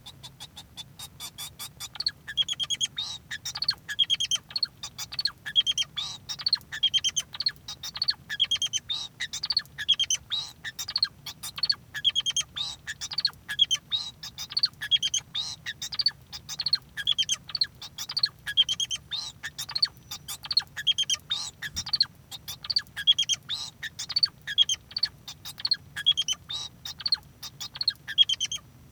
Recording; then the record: song of a male Bengalese finch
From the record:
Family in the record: son of father 2